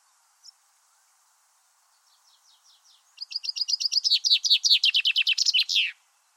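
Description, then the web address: Common chaffinch song opening with soft faint notes, then a loud cascading series of chips that falls in pitch and finishes in a flourish near the end. "Deverinetal 2025 File origin Bird Only Fr Co"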